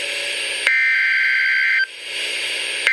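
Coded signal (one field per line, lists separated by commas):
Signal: Emergency Alert System (SAME) tones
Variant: header bursts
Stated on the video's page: Severe thunderstorm warning from a NOAA weather radio station in Madison, Wisconsin.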